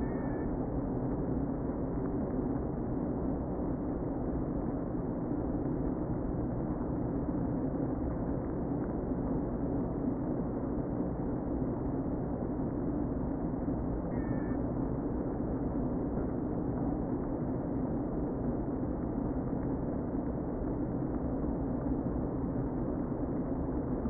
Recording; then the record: honeybee colony, microphone inside the hive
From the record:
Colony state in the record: queen present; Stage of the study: before two queens were removed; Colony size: about 60,000 bees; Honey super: yes